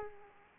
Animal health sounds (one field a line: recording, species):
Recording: mosquito wingbeat signal from an infrared sensor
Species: Aedes aegypti